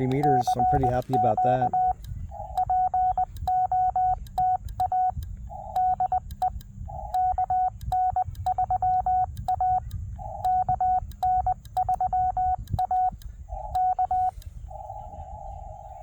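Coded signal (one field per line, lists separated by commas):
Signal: Morse code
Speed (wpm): 20 wpm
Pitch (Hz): 740 Hz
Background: speech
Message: CQ POTA DE KN3A KN3A K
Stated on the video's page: 40 m daytime park activation with a Wolf River Coils Sporty Forty coil on a 17-foot whip, four ground radials, spike mount, under poor band conditions.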